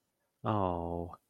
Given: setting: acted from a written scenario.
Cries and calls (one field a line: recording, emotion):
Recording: vocal sound without words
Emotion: sympathy